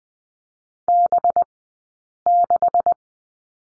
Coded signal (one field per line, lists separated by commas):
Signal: Morse code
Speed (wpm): 20 wpm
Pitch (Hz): 700 Hz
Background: none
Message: B6